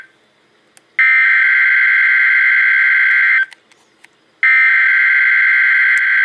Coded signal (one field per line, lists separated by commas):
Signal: Emergency Alert System (SAME) tones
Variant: header bursts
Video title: Severe Thunderstorm Watch #247 (EAS #167)